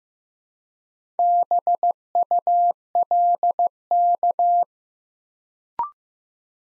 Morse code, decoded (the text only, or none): BULK